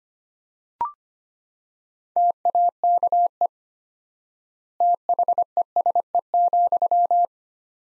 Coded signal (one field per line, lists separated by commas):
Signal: Morse code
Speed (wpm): 25 wpm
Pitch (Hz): 700 Hz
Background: none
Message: TAKE THESE,